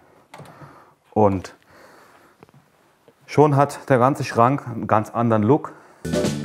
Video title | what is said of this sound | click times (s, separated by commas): Ein Hängeschrank wie ein Segelboot - SWR Handwerkskunst | Einfach einklipsen. | 0.3 s